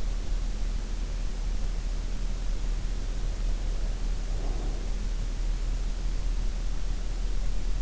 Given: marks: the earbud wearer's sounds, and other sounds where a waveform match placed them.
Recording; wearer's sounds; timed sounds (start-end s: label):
sounds in sleep by an in-ear microphone; breath
3.19-5.02 s: breath